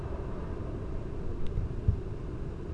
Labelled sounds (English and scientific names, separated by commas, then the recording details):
none
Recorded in Germany
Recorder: ecoPi